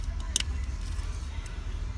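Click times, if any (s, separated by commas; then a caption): 0.4 s. An OBD2 T-harness plug from a plug-and-play remote car starter is pushed into the OBD2 port connector of a 2012-2014 Toyota Camry with key start. Over a steady low rumble, a faint knock comes at 0.2 s, then one sharp, loud click at 0.4 s as the plug seats.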